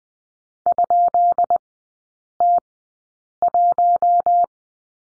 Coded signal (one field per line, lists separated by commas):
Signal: Morse code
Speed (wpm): 20 wpm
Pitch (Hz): 700 Hz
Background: none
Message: ?T1